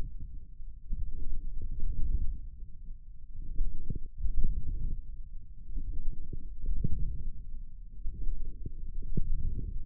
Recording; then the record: forearm muscle sounds (acoustic myography)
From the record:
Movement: forearm pronation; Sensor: system 1, eight BSWA MPA416 microphones around the upper forearm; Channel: 8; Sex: male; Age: 28 years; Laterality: right